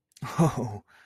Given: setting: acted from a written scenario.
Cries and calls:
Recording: vocal sound without words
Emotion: negative surprise

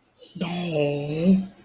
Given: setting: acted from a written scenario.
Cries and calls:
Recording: vocal sound without words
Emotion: adoration

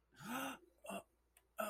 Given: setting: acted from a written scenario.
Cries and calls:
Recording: vocal sound without words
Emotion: realization

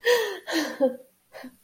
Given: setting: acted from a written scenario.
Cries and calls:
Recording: vocal sound without words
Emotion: pride

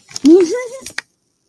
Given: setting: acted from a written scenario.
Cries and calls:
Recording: vocal sound without words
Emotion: triumph

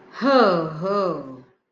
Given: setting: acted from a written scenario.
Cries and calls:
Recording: vocal sound without words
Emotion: realization

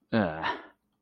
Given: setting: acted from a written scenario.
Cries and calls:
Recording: vocal sound without words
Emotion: embarrassment

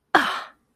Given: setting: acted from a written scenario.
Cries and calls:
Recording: vocal sound without words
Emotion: contempt

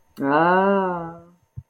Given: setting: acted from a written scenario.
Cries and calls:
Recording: vocal sound without words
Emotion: desire

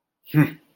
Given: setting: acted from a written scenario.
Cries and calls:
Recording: vocal sound without words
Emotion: anger

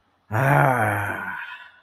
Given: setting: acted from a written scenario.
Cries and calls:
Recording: vocal sound without words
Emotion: ecstasy

